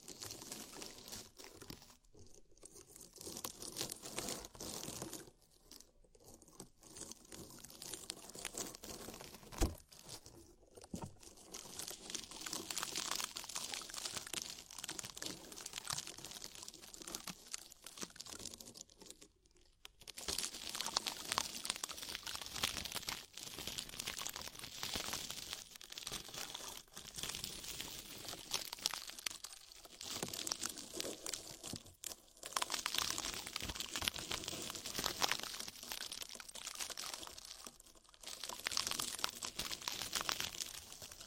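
Bubble bath foam crackles and fizzes almost without pause, a dense, bright texture of tiny pops and crinkles. Brief quiet dips break it around 2, 6, 10, 20, 29 and 38 seconds, and occasional soft wet thumps sit low underneath.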